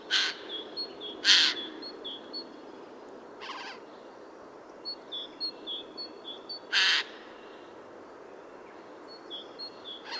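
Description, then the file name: Eurasian jay giving several rough screeches spread through the recording, mixed with a steady run of thin, high whistled notes from other birds. "Garrulus glandarius"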